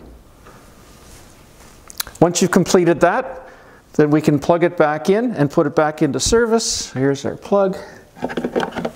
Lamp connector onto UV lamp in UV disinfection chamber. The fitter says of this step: the lamp and slide it all the way down. You'll hear a click on both sides.